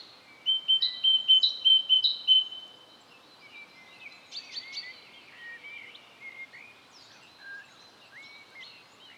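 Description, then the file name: Great tit song, a few quick ringing two-note phrases in the first seconds, then fainter scattered calls and chips over a light background hiss. "Parus major"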